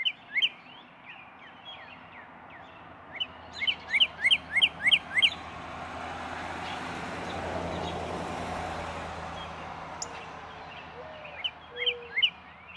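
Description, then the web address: Northern cardinal song: a loud series of several steep slurred whistled notes in quick, even succession. Fainter chirps come before and after, with a passing vehicle rumble in the middle. "birdsongforthecurious Northern Cardinal"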